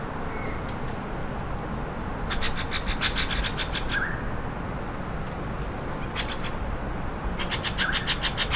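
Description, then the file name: Grey-sided scimitar babbler alarm call: three bursts of rapid, harsh, dry rattling, lasting from under half a second to over a second, with a short whistle after the first, over a steady low rumble. Alarm call recorded at Dai Yun Shan, Fujian, in May 2012. "Grey Sided Scimitar Babbler Alarm Call 120508-003 Fujian Dai Yun Shan"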